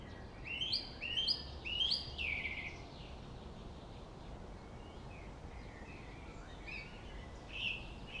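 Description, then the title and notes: Song thrush sings one clear whistled phrase three times in quick succession, then pauses before quieter scattered notes, over traffic noise. Singing in Friedhof Columbiadamm (Neuer Garnisonsfriedhof) cemetery, Berlin, with distant city and traffic noise; recorded on a Sony PCM D50. "Friedhof Columbiadamm, Berlin - Song thrush. Friedhof Columbiadamm (Neuer Garnisonsfriedhof), Song thrush (Singdrossel) singing, distant city. traffic noise"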